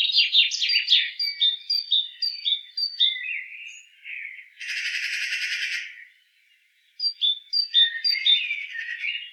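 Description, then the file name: Great tit calls: quick repeated high two-note chips, then a harsh buzzy churr, a brief pause, and more sharp chipping notes. "Parus major"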